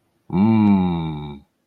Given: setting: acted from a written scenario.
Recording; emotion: vocal sound without words; realization